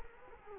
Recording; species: mosquito wingbeat signal from an infrared sensor; Culex quinquefasciatus